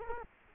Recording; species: mosquito wingbeat signal from an infrared sensor; Culex quinquefasciatus